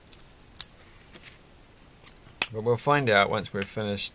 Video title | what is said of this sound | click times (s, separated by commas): [3/3] Lego 60314 Ice Cream Truck Police Chase | That was a satisfying click, wasn't it? That was spot on. | 2.4 s